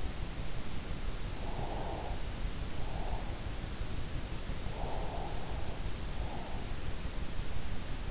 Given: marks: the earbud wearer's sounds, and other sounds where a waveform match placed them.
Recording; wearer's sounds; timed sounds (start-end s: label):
sounds in sleep by an in-ear microphone; breath
1.63-3.48 s: breath
4.82-6.57 s: breath